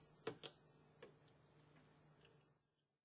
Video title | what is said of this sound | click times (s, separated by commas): Intel Video: 1366-Land Package Integration Guide | using a criss cross pattern, push down on the caps until they click in place | 0.3 s, 0.5 s, 1.0 s, 2.2 s